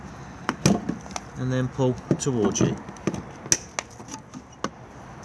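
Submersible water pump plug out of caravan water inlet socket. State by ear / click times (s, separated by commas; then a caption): released / 3.5 s. A submersible water pump plug is unplugged from the water inlet socket of an Adria Action 361 LT caravan: the trigger is pulled and the plug is drawn outward, giving a sharp release click at 3.5 s. Someone talks between several other short, sharp clicks and knocks, and the plug comes out of the socket.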